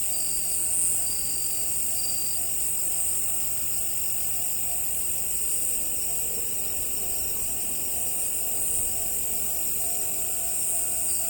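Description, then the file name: Crickets chirp in an unbroken high-pitched trilling chorus, slightly pulsing in strength, with a faint low hum beneath. "crikets"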